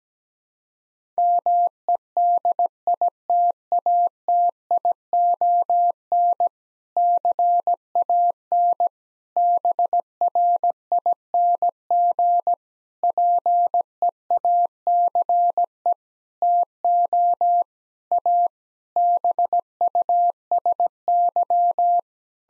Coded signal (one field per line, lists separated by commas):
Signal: Morse code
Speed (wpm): 17 wpm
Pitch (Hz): 700 Hz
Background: none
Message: MEDITATION CAN BRING PEACE TO A BUSY